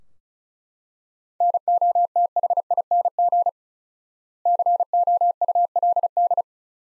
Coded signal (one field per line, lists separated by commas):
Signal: Morse code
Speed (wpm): 36 wpm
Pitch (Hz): 700 Hz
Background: none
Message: NOTHING COULD